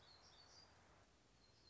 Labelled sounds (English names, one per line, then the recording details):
Black-throated Gray Warbler
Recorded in Sonoma County, California